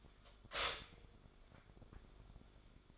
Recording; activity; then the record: daily activity, microphone in the room; stop toaster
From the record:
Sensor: 5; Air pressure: 1014.8 hPa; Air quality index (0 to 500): 206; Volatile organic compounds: 9 ppm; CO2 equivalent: 2197 ppm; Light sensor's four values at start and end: 14/33/13/12 and 14/33/13/12